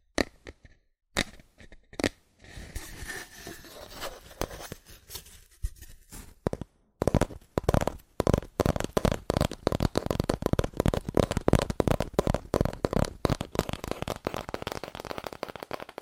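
Cardboard tapping starts with sparse, scattered knocks and scratchy rustling, then turns into fast, dense, sharp taps from about seven seconds on.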